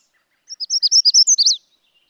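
Magnolia warbler song: a short phrase of about ten high, sweet slurred notes, ending in a brighter, emphatic flourish, lasting about one second.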